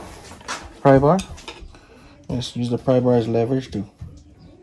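A steel retaining clip is being levered with a pry bar onto the U-joint in the CV axle yoke of a Dodge Ram 1500. Someone talks over light metallic handling sounds, with short sharp transients at 1.5 s and 1.8 s. Nothing has seated or clicked into place yet.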